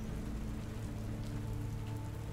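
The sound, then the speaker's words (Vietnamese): Heavy rain pours steadily outside a window, a dense, unbroken hiss with a deeper rumbling wash underneath and scattered brighter patters of drops. No voices or other sounds. “Mặc cho có đập mạnh như thế nào, kêu lớn đến đâu, thì giờ đây đáp lại Bái Thực chỉ còn tiếng mưa đang réo rắt bên ngoài khung cửa sổ.”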